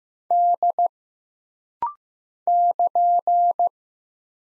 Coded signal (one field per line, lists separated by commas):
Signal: Morse code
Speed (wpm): 15 wpm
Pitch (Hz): 700 Hz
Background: none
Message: D <KN>